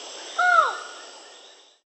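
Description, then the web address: Buckley's forest falcon call: one short, nasal, arched note with stacked harmonics that rises then drops, trailing off over about a second above a soft steady hiss. Recorded in South America. "Natures Songs S America Buckley's Forest-Falcon"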